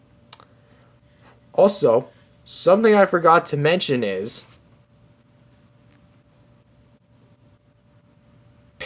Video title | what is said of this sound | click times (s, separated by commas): Figure Comparison: Funko POP! Movies Godzillas VS. Bandai Banpresto Deformation King Godzillas 2 | um burning does have the same thing however it's much tighter oh you heard that snap sound right | 0.3 s